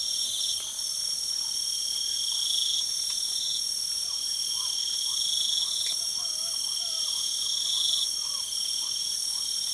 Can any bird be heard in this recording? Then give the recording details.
yes. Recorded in pastures near Puerto Asís, Putumayo, Colombia, on 12 March 2025 at 04:30. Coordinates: 0.497, -76.327. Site G072